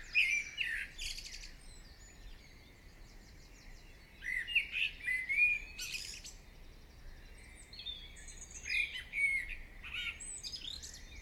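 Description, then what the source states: Birdsong, a busy stream of chirps, whistles and trills in bursts, with pauses between phrases. Birds singing in the morning.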